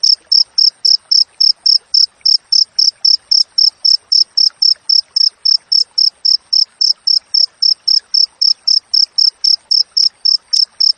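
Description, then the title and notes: Cricket's high-pitched chirping, a fast continuous train of evenly spaced pulses, around four per second, with faint clicks in the background. Clear wild cricket chirping with tightly spaced pauses, used for training songbirds and for repelling rats. "Masteran Jangkrik Alam Jernih, Jeda Rapat Cocok Untuk Masteran Burung Dan Mengusir Tikus. suara jangkrik"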